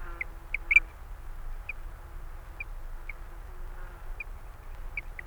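Eurasian dotterel giving several soft, thin notes at irregular intervals, fairly quiet above a low rumbling background.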